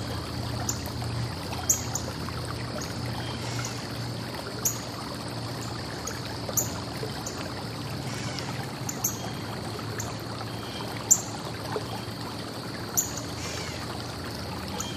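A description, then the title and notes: An evening stream runs steadily, its rushing water filling the scene with an even, dense wash from low to high. Insects trill in a constant high band above it, and short bright chirps from birds or frogs pop out every second or two. Calming Current of an Evening Stream. This track was recorded in the evening at a campsite near a stream. The air was fresh and the sound of the flowing waters should put you to sleep quickly.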